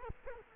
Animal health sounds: mosquito wingbeat signal from an infrared sensor; Culex quinquefasciatus

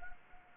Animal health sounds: mosquito wingbeat signal from an infrared sensor; Anopheles arabiensis

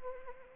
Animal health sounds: mosquito wingbeat signal from an infrared sensor; Anopheles arabiensis

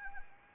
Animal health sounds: mosquito wingbeat signal from an infrared sensor; Anopheles arabiensis

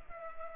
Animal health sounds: mosquito wingbeat signal from an infrared sensor; Culex pipiens

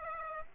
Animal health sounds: mosquito wingbeat signal from an infrared sensor; Aedes aegypti

